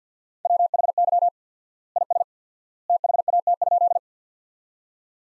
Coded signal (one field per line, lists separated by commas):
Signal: Morse code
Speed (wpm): 48 wpm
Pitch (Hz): 700 Hz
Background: none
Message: WHY IS THAT?